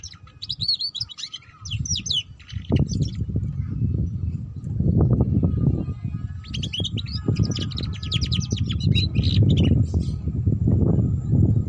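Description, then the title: Canary trilling in two chattering bursts, one at the start and one later, over heavy low rumbling noise that grows louder. Belgian canary; song played to warm up and stimulate singing, suited as a lure for canaries learning the ngeriwik song style. "Canto Para Esquentar Canário Belga. Suara Kenari Belajar Bunyi Ngeriwik || Cocok Untuk Pancingan Kenari Ngeriwik"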